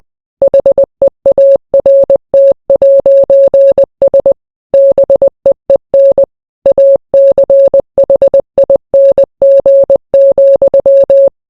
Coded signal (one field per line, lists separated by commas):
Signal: Morse code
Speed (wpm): 20 wpm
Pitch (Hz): 550 Hz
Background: none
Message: HEART'S BEEN ACHING,